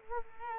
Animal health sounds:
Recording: mosquito wingbeat signal from an infrared sensor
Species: Culex quinquefasciatus

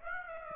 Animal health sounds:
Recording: mosquito wingbeat signal from an infrared sensor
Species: Aedes aegypti

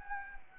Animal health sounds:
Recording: mosquito wingbeat signal from an infrared sensor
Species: Anopheles arabiensis

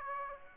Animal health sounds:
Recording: mosquito wingbeat signal from an infrared sensor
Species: Aedes aegypti

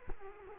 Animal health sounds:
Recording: mosquito wingbeat signal from an infrared sensor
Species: Culex quinquefasciatus

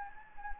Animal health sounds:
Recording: mosquito wingbeat signal from an infrared sensor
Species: Anopheles gambiae

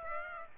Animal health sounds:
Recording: mosquito wingbeat signal from an infrared sensor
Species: Aedes aegypti

